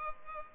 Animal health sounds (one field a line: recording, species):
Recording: mosquito wingbeat signal from an infrared sensor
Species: Culex pipiens